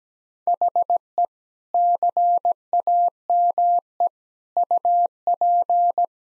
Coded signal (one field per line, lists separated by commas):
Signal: Morse code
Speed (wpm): 17 wpm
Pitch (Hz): 700 Hz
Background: none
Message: HE CAME UP